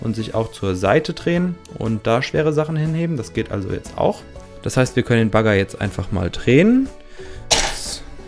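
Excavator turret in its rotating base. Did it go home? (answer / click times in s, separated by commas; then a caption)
no / none. Someone talks over background music while handling a plastic Playmobil City Action 6860 shovel excavator with dozer blade, about to turn its upper body (turret) in its rotating base, which steps through detent positions. The clip ends just before the turret goes home, so nothing has seated or clicked yet.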